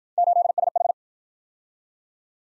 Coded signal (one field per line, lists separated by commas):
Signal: Morse code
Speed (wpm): 54 wpm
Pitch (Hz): 700 Hz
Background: none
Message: 8SH